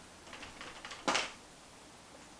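Working the wheel nut on an RC truck pulls the plastic wheel hex over the axle cross pin: a few faint ticks come first, then a sharp pop at 1.1 s. The wheel is pulled fully into place and seated.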